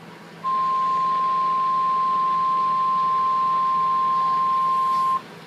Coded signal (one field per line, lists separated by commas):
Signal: Emergency Alert System (SAME) tones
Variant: 1050 Hz attention tone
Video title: EAS 116, 117 double header SVR